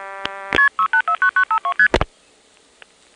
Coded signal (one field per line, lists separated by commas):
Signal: multi-frequency trunk signalling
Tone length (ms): 90 ms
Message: KP689952ST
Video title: Operator Roulette 5 — Electromechanical Telephone Sounds from the 1970's — 5 Hours - Single Track!